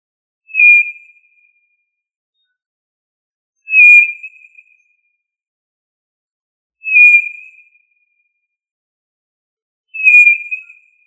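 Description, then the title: Tinamou whistles: clear, pure, slightly falling notes that fade out, repeated about every three seconds, four times, with silence between. "Familia Tinamidae - Quail - Puyuh"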